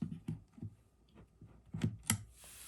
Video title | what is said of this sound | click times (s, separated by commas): PS5 Dualsense Charging Station - UNBOXING and REVIEW | okay i heard the click and the controllers charging that is pretty nice | 2.1 s